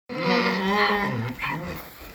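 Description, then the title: Donkey braying, one harsh drawn-out vocalization with strong harmonics, wavering in pitch and fading after about a second and a half. Several donkeys braying while their food was being prepared, for about a minute. "Donkeys talking for one minute"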